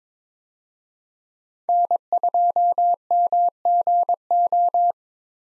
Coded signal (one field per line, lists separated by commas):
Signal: Morse code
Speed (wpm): 21 wpm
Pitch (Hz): 700 Hz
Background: none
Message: N2MGO